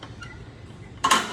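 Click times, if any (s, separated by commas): 1.0 s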